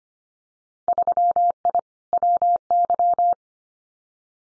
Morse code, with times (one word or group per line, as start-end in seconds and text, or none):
0.9-1.8 3I
2.1-3.3 WY